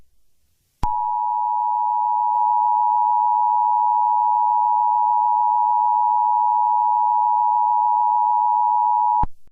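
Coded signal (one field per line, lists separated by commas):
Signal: Emergency Alert System (SAME) tones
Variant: 853 and 960 Hz attention tone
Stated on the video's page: Simulated EAS scenario depicting an attack on New Orleans.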